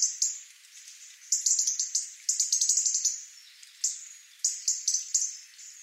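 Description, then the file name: European robin delivering high, tinkling and jumbled phrases in quick succession, broken by short gaps, with a few thin drawn-out notes between bursts. "Erithacus rubecula"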